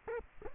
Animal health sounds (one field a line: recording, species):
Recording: mosquito wingbeat signal from an infrared sensor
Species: Culex quinquefasciatus